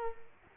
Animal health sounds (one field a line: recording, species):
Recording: mosquito wingbeat signal from an infrared sensor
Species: Culex quinquefasciatus